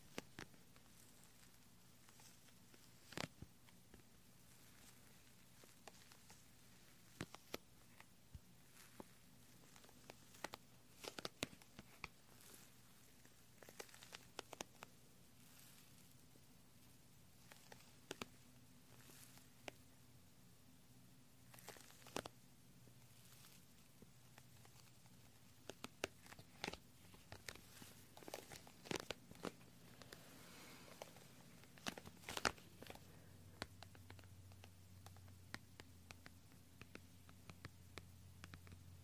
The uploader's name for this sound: Assorted Gentle Sounds .. Silent . Clicky . Sticky . Soapy